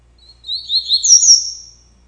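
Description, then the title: Double-collared seedeater song: a short phrase of high, sweeping whistled notes that slide downward, then a bright trilled flourish trailing off. "Canto Coleiro"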